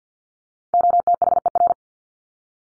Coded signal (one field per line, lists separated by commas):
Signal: Morse code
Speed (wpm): 48 wpm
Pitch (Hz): 700 Hz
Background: none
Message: OTHER